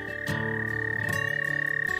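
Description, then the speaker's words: American toad trill: a steady, sustained high musical trill with rapid even pulsing, over low tonal hum. Sustained high-pitched musical trill given from ponds and water-filled ditches in Missouri in spring; most common toad in Missouri. "step outside this week and discover nature and the call of the American toad."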